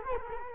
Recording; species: mosquito wingbeat signal from an infrared sensor; Culex quinquefasciatus